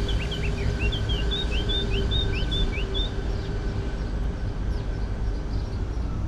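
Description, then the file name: Eurasian blackcap singing a short, hurried warble of up-and-down slurred notes for about three seconds, then quiet, with a constant low hum and mechanical drone behind. "Sylvia atricapilla"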